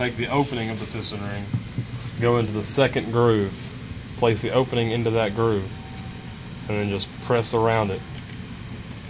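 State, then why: Not seated. A nodular piston ring is set by its opening into the second groove of a hydraulic cylinder piston on a Centerline Manufacturing hydraulic drive cylinder head, then pressed around by hand. Someone talks throughout over a low steady hum, with brief light handling sounds at about 6.4 and 8.3 seconds. Nothing has seated or snapped into place yet.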